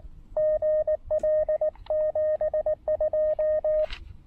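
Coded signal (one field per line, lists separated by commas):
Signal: Morse code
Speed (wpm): 18 wpm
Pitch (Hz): 590 Hz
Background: radio noise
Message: GL 72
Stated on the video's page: Morse from a POTA park activation, apparently sent with Elecraft KX2 and KXPD2 paddles.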